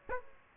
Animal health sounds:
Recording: mosquito wingbeat signal from an infrared sensor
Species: Aedes aegypti

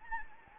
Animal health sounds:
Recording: mosquito wingbeat signal from an infrared sensor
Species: Anopheles gambiae

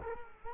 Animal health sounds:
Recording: mosquito wingbeat signal from an infrared sensor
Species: Culex quinquefasciatus

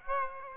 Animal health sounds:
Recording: mosquito wingbeat signal from an infrared sensor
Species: Aedes aegypti

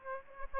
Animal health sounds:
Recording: mosquito wingbeat signal from an infrared sensor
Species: Aedes aegypti

